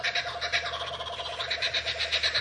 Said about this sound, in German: Der lachende Hans, ein typischer Vogel des australischen Urwalds.